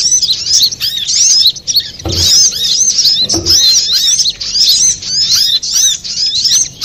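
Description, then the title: Little spiderhunter song of rapid, high squeaky chirps running almost without pause, with two low knocks partway through. Master recording (masteran) for training cage birds, labelled Labaik. "Masteran Burung Sogok Ontong Labaik"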